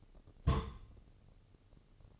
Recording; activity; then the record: daily activity, microphone in the room; place on stove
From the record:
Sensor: 4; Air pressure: 996.2 hPa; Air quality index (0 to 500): 79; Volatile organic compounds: 3 ppm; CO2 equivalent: 1496 ppm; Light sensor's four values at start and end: 18/49/19/20 and 18/49/19/20